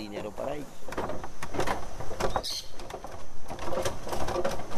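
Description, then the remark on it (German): A wooden suspension bridge in Colombia creaks and groans in a steady run of uneven, knocking strains as trekkers cross it arriving at Base Camp 1 after four hours, with muffled voices mixed in underneath. “Nach 4 Stunden kommen wir über eine knarrende Hängebrücke im Basiscamp 1 an.”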